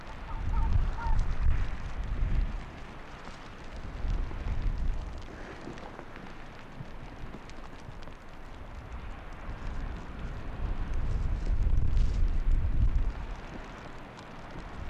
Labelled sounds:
Arctic Fox
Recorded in the wild
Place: Insel Mednyi, Kommandeur-Inseln, RU
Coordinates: 54.5167, 168.083
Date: 1999-07-09 16:30
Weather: Niesel, 6°C, starker Westwind
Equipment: Sony WM-D6C, Sennheiser ME 80, K 30 AV, Windkorb, Kopie Tascam DA 30
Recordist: Jakupi, Antje

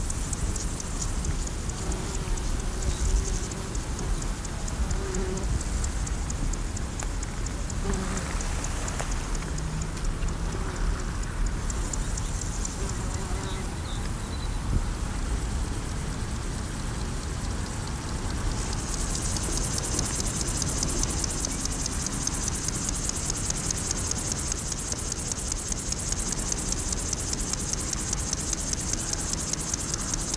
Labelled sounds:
Upland Field Grasshopper stridulation
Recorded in the wild
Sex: male
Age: imago
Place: Botanische Anlage Blankenfelde, Berlin, DE
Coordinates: 52.603, 13.4
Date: 1993-07-22 14:47
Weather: wechselnd wolkig u. sonnig, 18-20°C
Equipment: Marantz CP 430, Sennheiser ME 80, Kopie Uher Variocord 263
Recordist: Tembrock, Günter

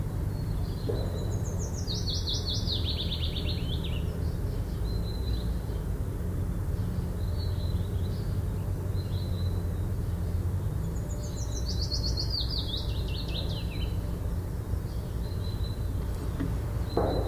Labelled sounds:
Willow Warbler song
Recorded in the wild
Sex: male
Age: adult
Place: Burgholz bei Tübingen, Baden-Württemberg, DE
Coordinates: 48.5039, 9.23833
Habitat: thicket
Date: 1966-04-20
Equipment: Nagra III PH, kleiner englischer Parabolspiegel, LGS26
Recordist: Schneider, Hans-Joachim
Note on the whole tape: Männchen: Gesang. Singt in gewissen Zügen Zilpzalp-artig

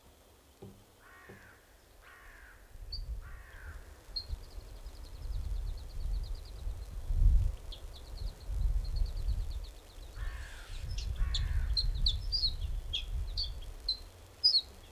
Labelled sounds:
Ortolan Bunting
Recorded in the wild
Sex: diverse
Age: adult
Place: Schloß Holte-Stukenbrock, Senne, Nordrhein-Westfalen, DE
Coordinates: 51.8667, 8.65861
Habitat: edge of the woods
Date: 1968-05-23
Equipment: Uher 4000 Report-S, Bändchenmikro Beyer M 260, Parabolspiegel Polyester (470 mm)
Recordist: Conrads, Klaus

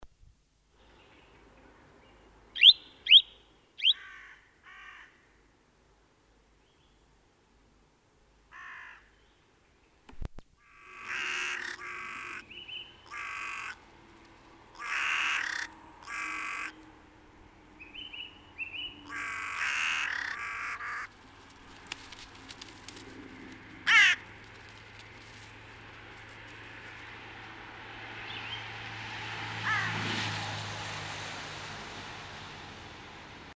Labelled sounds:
Carrion Crow call
Song Thrush
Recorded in the wild
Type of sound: call
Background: Turdus philomelos
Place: Michelstadt, OT Vielbrunn, Hessen, DE
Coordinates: 49.7139, 9.09778
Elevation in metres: 432
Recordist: Tretzel, Erwin
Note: Vielbrunn, Michelstadt: Einzelrufe

